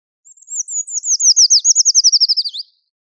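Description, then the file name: Eurasian treecreeper singing a high, thin phrase of accelerating notes that slide downward into a fast trill and end in a rising flourish, about two and a half seconds long. "Miškinis Liputis Eurasian Treecreeper - Certhia familiaris"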